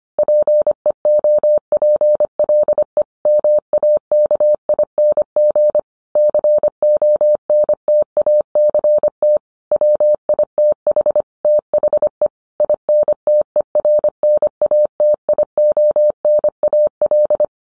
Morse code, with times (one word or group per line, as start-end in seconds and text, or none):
0.2-3.0 PEOPLE
3.3-5.8 MAKING
6.2-9.4 CONTACT
9.7-11.2 WITH
11.4-12.3 THE
12.6-17.4 INTERNATIONAL